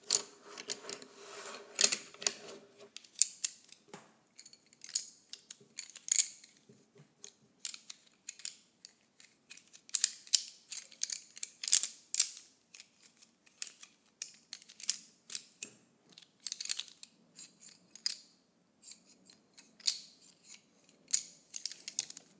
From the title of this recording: ASMR Colored Pencils